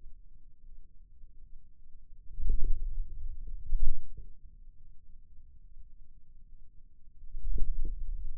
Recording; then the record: forearm muscle sounds (acoustic myography)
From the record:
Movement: wrist extension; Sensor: system 2, bracelet of six BSWA MPA416 microphones around the upper forearm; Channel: 1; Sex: male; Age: 22 years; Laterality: right